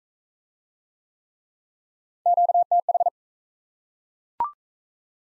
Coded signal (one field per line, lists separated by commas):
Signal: Morse code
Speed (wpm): 37 wpm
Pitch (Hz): 700 Hz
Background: none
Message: QTH